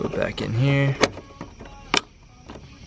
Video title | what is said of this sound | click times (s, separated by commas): City LED DIY for mk6 Golf R/GTI | Clicks back in place. | 2.0 s